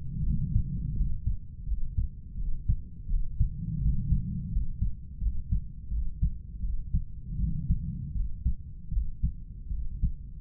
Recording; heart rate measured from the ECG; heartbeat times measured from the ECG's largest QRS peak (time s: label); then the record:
heart sounds by stethoscope; 82 bpm
0.25 s: heartbeat
0.97 s: heartbeat
1.68 s: heartbeat
2.39 s: heartbeat
3.10 s: heartbeat
3.82 s: heartbeat
4.53 s: heartbeat
5.22 s: heartbeat
5.92 s: heartbeat
6.63 s: heartbeat
7.40 s: heartbeat
8.16 s: heartbeat
8.93 s: heartbeat
9.71 s: heartbeat
From the record:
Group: healthy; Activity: rest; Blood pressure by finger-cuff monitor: 146/94 mmHg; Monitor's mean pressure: 106 mmHg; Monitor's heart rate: 83 bpm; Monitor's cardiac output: 8.6 L/min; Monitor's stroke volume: 101 mL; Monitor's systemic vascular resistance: 890 dyn s/cm5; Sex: male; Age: 30 years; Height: 188 cm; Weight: 110.2 kg